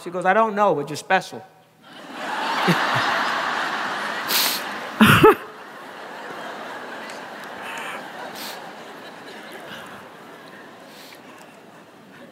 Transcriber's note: laughter